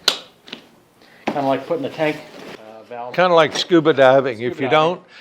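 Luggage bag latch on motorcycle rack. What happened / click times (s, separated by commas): A latch snapped shut / 0.1 s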